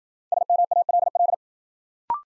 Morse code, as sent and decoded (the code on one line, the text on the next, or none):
... -- .- .-.. .-..
SMALL